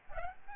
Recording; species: mosquito wingbeat signal from an infrared sensor; Aedes albopictus